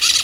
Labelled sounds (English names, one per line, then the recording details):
Brown-throated Parakeet contact call
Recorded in Venezuela
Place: Guárico; Corozopando; Fundo La Fe
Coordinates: 8.506, -67.593